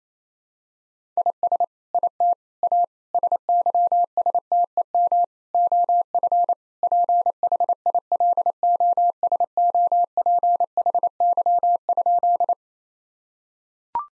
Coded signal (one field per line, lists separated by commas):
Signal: Morse code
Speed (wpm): 27 wpm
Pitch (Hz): 700 Hz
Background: none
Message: IS IT A SYSTEM OF PHILOSOPHY?